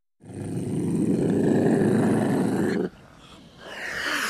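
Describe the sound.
Ocelot making a steady, deep, raspy growl with rapid pulses for about two and a half seconds, followed by quieter noise.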